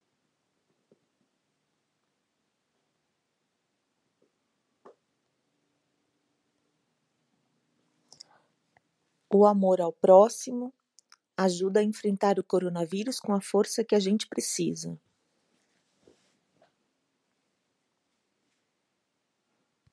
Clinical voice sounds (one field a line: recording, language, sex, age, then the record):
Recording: spoken sentence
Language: Brazilian Portuguese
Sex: female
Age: 40 to 49 years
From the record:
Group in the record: control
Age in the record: 47 years